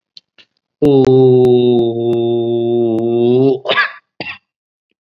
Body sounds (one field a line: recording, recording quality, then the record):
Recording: sustained vowel as in boot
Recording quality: excellent, no background noise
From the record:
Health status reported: COVID-19 positive, moderate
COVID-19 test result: positive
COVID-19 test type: rapid antigen test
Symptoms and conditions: cough, sore throat, fever, hypertension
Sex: male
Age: 55 years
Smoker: no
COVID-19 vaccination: both doses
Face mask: worn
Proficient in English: yes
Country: India